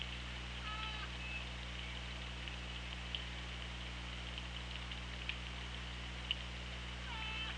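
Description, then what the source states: Orca calls: a short series of stacked, harmonic tonal calls near the start and another at the end, over constant hiss, low steady hum and faint scattered clicks. Recorded on an OrcaLab hydrophone, 24 August 2017, 18:23.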